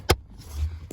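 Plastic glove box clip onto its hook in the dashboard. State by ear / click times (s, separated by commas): seated / 0.1 s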